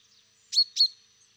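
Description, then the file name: Common chaffinch calls: two short, high, sharp notes given about a quarter second apart in an otherwise quiet background. "Fringilla coelebs"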